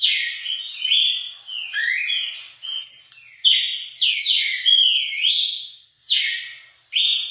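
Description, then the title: Red-cowled cardinal song with varied whistled phrases, some long and wavering, others short and rising, in an uneven, busy sequence with brief gaps. Female singing, used to stimulate and excite a male bird. "Canto Galo Campina Fêmea. ESQUENTAR SEU GALO CAMPINA CANTO DO GALO DE CAMPINA"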